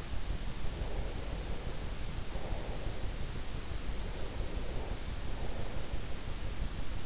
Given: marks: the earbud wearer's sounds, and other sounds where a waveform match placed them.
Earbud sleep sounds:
sounds in sleep by an in-ear microphone; breath
0.27-3.30 s: breath
3.70-6.62 s: breath

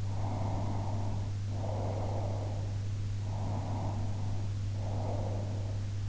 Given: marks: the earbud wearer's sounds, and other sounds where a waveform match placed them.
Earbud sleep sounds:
sounds in sleep by an in-ear microphone; breath
0.19-2.94 s: breath
3.48-5.91 s: breath

